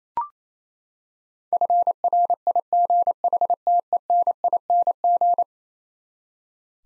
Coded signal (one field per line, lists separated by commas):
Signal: Morse code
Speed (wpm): 28 wpm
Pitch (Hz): 700 Hz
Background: none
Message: FRIGHTENING